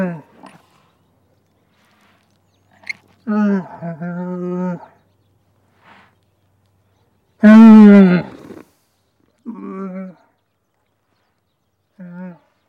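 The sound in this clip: Camel grunting calls, a series of low harmonic moaning bellows in bursts, with a loud drawn-out groan past the middle and shorter grunts after.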